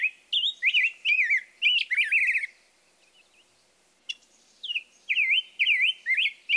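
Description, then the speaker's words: Rose-breasted grosbeak song: rich, melodious whistled phrases rising and falling, a short pause, then more warbled phrases with a single sharp note before them. Distinctive metallic chink call note interspersed with melodious song. "Listen for this call note interspersed with a melodious song."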